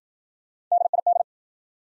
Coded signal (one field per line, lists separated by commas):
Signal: Morse code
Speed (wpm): 53 wpm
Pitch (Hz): 700 Hz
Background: none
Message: DID